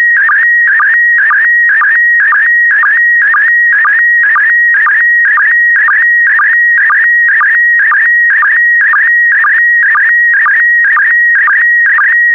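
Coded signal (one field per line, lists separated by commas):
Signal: SSTV (slow-scan television)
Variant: PD120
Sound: steady whistling tone with warbling bursts and a low chirp twice a second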